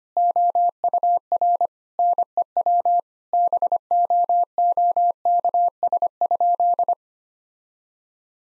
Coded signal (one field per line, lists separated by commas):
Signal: Morse code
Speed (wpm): 25 wpm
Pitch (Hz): 700 Hz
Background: none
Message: OUR NEW BOOKS?